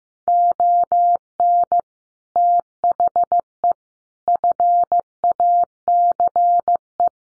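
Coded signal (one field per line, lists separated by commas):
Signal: Morse code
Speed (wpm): 15 wpm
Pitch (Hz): 700 Hz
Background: none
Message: ON THE FACE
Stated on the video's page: Morse code head-copy practice at 15 wpm: sets of common five-word groups, each sent in Morse, then spoken, then sent again.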